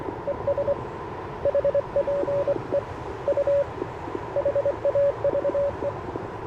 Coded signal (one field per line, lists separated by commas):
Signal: Morse code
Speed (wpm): 21 wpm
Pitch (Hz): 560 Hz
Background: radio noise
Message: ES HPE U HAVE